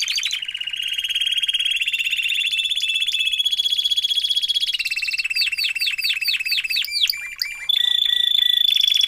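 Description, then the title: Domestic canary holding a long, even rolling trill, then quick descending sweeps and a final high, steady roll. Male Belgian canary singing a lot; meant to warm up and train young canaries. "Canary Training Esquente Seu Filhote E Canario Belga Em 30 Minutos Macho Cantando Muito"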